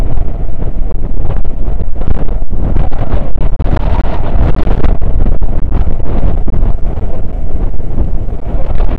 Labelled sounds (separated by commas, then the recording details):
wind
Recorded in the Prudhoe Bay oil fields, Alaska, on 9 August 2019 at 00:04
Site 29